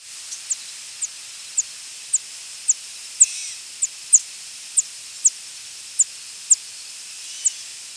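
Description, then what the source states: Northern Parula flight calls: a series of very high, thin, brief notes, with a lower call briefly in the background, over steady hiss. Diurnal flight calls of a bird in flight, Maryland, September 11, 1994; Gray Catbird calling in the background.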